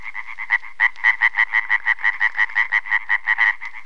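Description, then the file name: European tree frog giving a rapid run of grating, nasal croaks that start softly and grow louder. "løvfrø"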